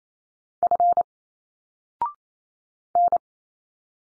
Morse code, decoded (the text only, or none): F N